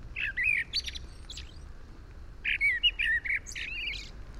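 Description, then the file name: Blackbird song: two short phrases of soft fluty notes mixed with thin chirps, separated by a second of quiet, over light background noise. "Turdus merula"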